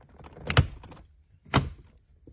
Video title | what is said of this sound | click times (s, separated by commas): How to Install Lexus GS 2012-2020 Linux Touch Screen - Wireless Apple CarPlay & Android Auto Upgrade | And you should feel the top and the bottom secure and snap into place. | 0.5 s, 0.6 s, 1.6 s